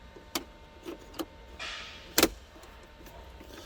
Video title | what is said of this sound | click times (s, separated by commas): Intellishift Install Part 3 Cab Installation | things should pop into place make | 0.4 s, 2.2 s